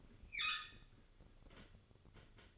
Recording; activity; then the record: daily activity, microphone in the room; open fridge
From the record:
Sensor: 4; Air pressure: 1008.6 hPa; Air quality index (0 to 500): 77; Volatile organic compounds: 1 ppm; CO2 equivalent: 638 ppm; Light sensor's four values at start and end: 14/32/13/13 and 13/29/12/12